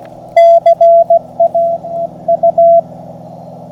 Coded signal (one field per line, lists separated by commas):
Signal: Morse code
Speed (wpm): 16 wpm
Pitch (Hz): 680 Hz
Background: none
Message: CA U